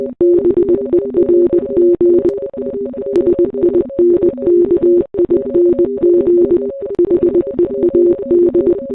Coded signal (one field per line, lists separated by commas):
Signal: Morse code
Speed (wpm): 20 wpm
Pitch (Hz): 350 Hz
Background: music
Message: BERG SINKING HEAD